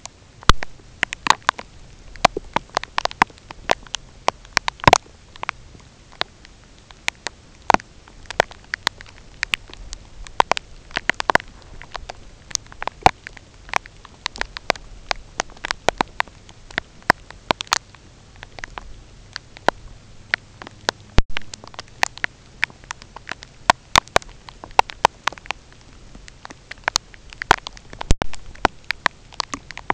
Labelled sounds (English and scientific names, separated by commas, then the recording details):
none
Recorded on Arctic tundra, site UTQI-0, on 13 June 2019
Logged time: 10:00